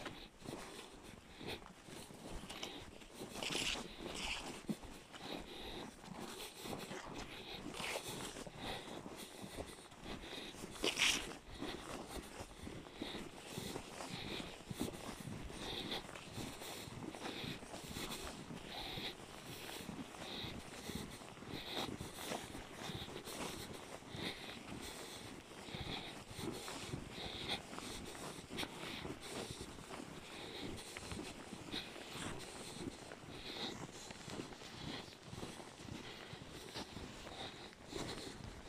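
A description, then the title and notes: Footsteps crunch through deep snow on a mountain hike, a dense, fairly regular run of soft thuds and crackles that continues for the whole clip. The pace stays steady, with a sharper squeak or crack near eleven seconds and a faint whistle of breath or wind underneath. My friend is hiking through abundant snow. One of my friends sent me a movie while he was hiking through the mountains through abundant snow.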